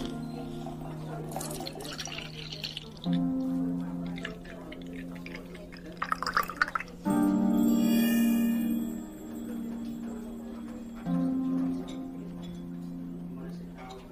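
Fantasy fairy cafe ambience with a steady low hum and tonal drone underneath. Soft, murmuring voices drift through, with clinks and small drip-like taps. Louder swells of sustained tone arrive around three, seven and eleven seconds, each lasting a couple of seconds.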